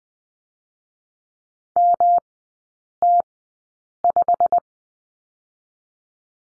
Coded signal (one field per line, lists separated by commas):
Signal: Morse code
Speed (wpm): 20 wpm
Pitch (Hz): 700 Hz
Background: none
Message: MT5